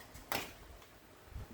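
A second DDR4 SO-DIMM memory module is laid into the memory slot of a Dell Inspiron 15 3511 laptop and pushed down until the retaining clips snap it in place. A sharp, bright snap is heard at 0.3 s, followed by faint low handling sounds and a soft bump near the end. The module is seated.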